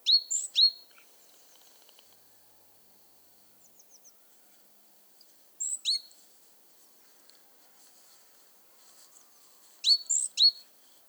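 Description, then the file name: Great tit: small songbird calling with sharp high double notes three times, faint tinkling notes and soft hiss filling the gaps. "Parus major"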